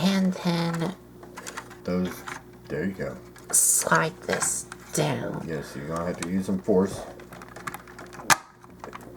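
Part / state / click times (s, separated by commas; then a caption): sliding plastic section of a toy vehicle into its locked position / seated / 7.7 s. Someone talks while a plastic section of a 1980s M.A.S.K. Jackhammer toy vehicle is slid down with some force during conversion to vehicle mode. Soft plastic handling sounds come first, then a sharp click at 7.7 s as the section locks into place.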